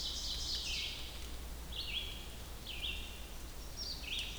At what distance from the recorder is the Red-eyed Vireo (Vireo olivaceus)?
about 55 m